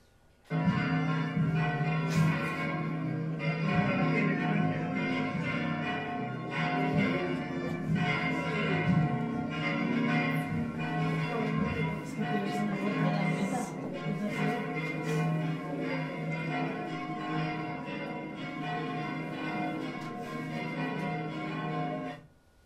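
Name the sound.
church bells ringing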